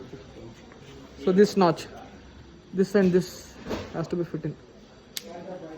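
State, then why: Seated. A plastic high flow nasal cannula is pushed onto the notches of its circuit tubing while someone talks. A sharp click at 5.2 s marks the connector seating onto the tubing, the first of several clicks.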